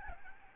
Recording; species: mosquito wingbeat signal from an infrared sensor; Aedes albopictus